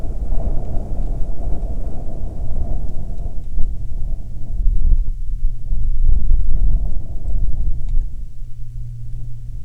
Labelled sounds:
wind, aircraft
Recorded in the Prudhoe Bay oil fields, Alaska, on 27 July 2019 at 10:31
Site 13

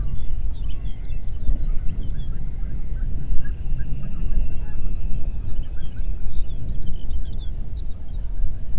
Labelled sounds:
songbird, waterfowl, wind
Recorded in the Prudhoe Bay oil fields, Alaska, on 8 June 2019 at 04:52
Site 30

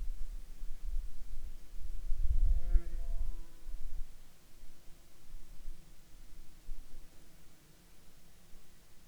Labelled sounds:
insects
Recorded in Ivvavik National Park, Yukon, on 18 June 2019 at 15:53
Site SINP09

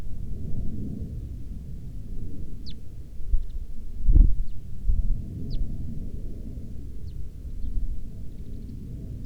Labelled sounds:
bird, wind, aircraft
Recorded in the Arctic National Wildlife Refuge, Alaska, on 9 August 2019 at 10:13
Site 40

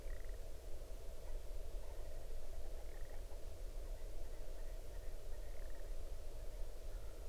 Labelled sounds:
grouse or ptarmigan
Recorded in the Arctic National Wildlife Refuge, Alaska, on 8 June 2019 at 01:11
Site 40

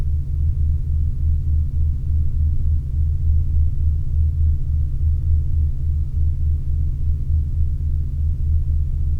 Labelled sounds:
flare stack
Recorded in Ivvavik National Park, Yukon, on 27 August 2019 at 07:59
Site SINP01

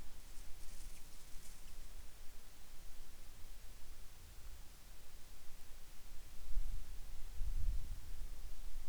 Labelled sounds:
near silence
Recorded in the Arctic National Wildlife Refuge, Alaska, on 10 July 2019 at 18:31
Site 44

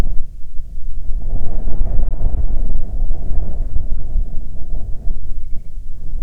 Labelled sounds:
wind
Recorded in the Arctic National Wildlife Refuge, Alaska, on 9 July 2019 at 21:46
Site 48

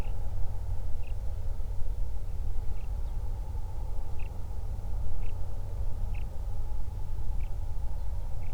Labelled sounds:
songbird, flare stack
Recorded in the Prudhoe Bay oil fields, Alaska, on 31 July 2019 at 08:26
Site 24

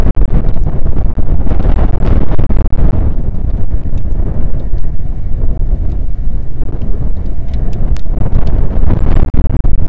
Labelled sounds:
wind
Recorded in the Prudhoe Bay oil fields, Alaska, on 1 August 2019 at 02:02
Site 29

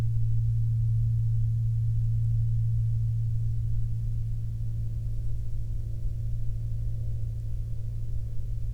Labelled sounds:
aircraft
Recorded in the Prudhoe Bay oil fields, Alaska, on 8 June 2019 at 07:24
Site 16

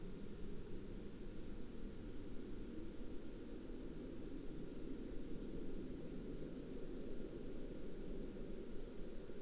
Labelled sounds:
man-made sound
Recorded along the Dalton Highway, Alaska, on 2 April 2019 at 09:32
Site 09

